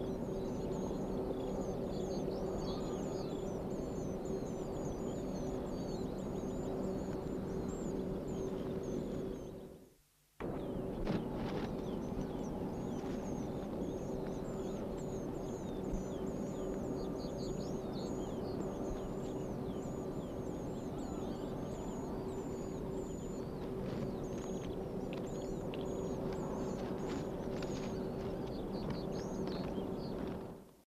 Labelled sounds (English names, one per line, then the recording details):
Reed Bunting call
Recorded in the wild
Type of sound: call
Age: immature
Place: Hannover-Anderten, Niedersachsen, DE
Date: 1983-05-23
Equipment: Halbspur, 9,5 cm/s
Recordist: Lütgens, Hans
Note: Teutonia-Grube: Etwa einwöchig, gefüttert